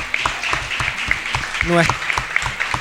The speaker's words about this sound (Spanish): También un aplauso gigante.